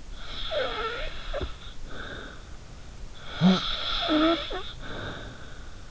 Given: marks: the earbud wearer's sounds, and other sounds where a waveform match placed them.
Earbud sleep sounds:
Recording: sounds in sleep by an in-ear microphone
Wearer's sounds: snoring breath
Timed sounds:
0.20-2.67 s: snoring breath
3.21-5.74 s: snoring breath

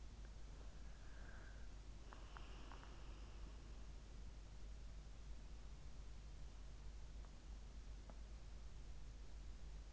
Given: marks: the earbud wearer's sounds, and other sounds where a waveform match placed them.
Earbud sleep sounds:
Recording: sounds in sleep by an in-ear microphone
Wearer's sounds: breath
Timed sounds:
0.00-4.32 s: breath

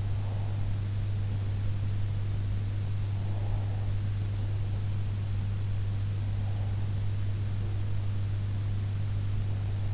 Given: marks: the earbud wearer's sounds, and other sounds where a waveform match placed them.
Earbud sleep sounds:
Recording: sounds in sleep by an in-ear microphone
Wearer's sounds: breath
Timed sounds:
0.00-0.88 s: breath
3.07-4.15 s: breath

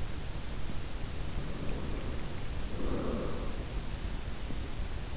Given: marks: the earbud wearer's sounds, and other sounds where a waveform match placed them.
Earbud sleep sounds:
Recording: sounds in sleep by an in-ear microphone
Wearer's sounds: breath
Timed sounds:
1.11-3.94 s: breath

